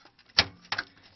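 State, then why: Seated. A hard drive part is pushed again into an IBM ThinkCentre PC chassis on a second try, after an earlier attempt did not click. It snaps home with a sharp click at 0.4 s, followed by a second, quieter pair of knocks around 0.7–0.8 s. The part is now seated in place.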